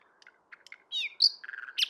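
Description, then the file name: Common nightingale song: faint scattered notes building to a whistled slur, a low churring run and a sharp high ending. "Luscinia megarhynchos"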